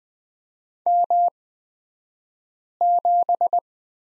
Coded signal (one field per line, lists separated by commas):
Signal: Morse code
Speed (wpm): 20 wpm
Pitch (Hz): 700 Hz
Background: none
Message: M7